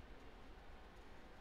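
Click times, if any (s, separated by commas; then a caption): none. A threaded bottom bracket cup is turned by hand backwards, in the loosening direction, into the frame shell of a 39-year-old bicycle to catch the thread start before tightening. Only a steady, low broadband rumble and hiss is heard, with no distinct click. The thread has not dropped into place yet.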